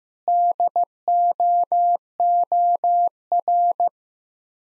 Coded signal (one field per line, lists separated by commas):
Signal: Morse code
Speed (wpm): 15 wpm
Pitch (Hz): 700 Hz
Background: none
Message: DOOR